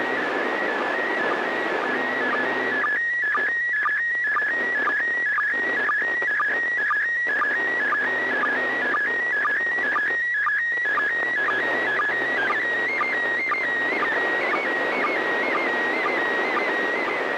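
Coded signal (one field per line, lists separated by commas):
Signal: SSTV (slow-scan television)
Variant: PD 120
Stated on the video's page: SSTV net on a 441.300 MHz FM repeater, sent with MMSSTV software.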